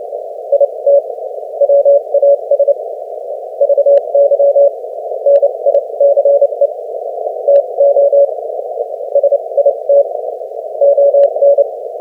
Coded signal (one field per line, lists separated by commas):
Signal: Morse code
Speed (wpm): 26 wpm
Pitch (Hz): 560 Hz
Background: none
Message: IT WAS VY NICE TO SIT ON